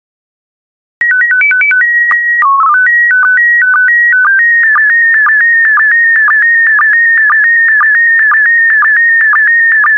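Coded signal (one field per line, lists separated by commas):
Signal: SSTV (slow-scan television)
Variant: PD 120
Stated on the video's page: PD120-mode SSTV transmissions of still photo images, offered as daily decoding practice.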